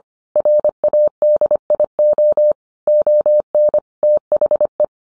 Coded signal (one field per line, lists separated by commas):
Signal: Morse code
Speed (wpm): 25 wpm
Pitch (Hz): 600 Hz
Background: none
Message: RADIO ON THE